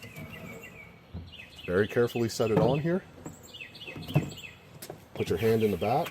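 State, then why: Not seated. Someone talks while a drawer box is carefully set onto pulled-out drawer slide tracks and lined up on them before being pushed home, with a few brief soft knocks around 3.3 s and 4.8 s. Nothing has snapped in or seated yet.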